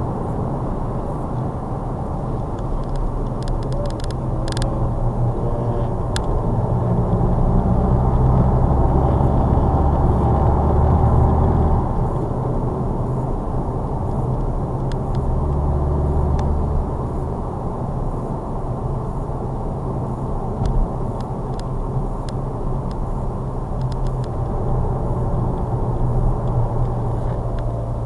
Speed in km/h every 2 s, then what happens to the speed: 82, 72, 69, 71, 68, 61, 50, 55, 69, 74, 72, 69, 71, 69.
0-2 brakes to 72. 2-7 steady at about 71. 7-11 brakes to 50. 11-17 speeds up to 74. 17-28 steady at about 71.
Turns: 7-11.